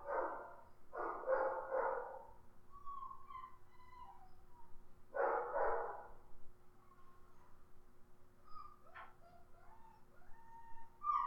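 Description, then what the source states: Dog barking in two harsh bursts, then again after a pause, with thin rising and falling whimpers and whines in between and near the end. More than one dog, barking and whimpering.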